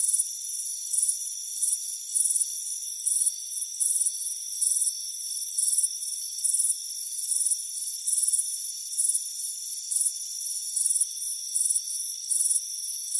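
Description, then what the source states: Crickets give bright pulsed chirps in a steady repeating series above a constant shrill background hum. Soothing chirping.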